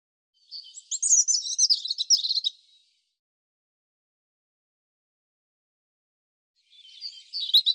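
European robin song: a two-second phrase of fast, thin, tumbling notes, then a long silence before a second high, twittering phrase begins.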